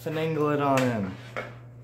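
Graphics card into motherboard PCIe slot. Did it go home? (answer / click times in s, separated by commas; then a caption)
yes / 1.4 s. A long R9 390X graphics card is pushed into the motherboard PCIe slot while someone talks. A sharp click is heard at 1.4 s as the slot retention latch catches and the card seats.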